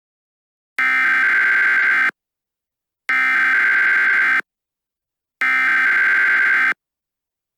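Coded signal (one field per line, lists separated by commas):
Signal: Emergency Alert System (SAME) tones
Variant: header bursts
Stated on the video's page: Fictional EAS scenario about a runaway train.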